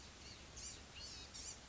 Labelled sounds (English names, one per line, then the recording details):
Blue-gray Gnatcatcher
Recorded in Sonoma County, California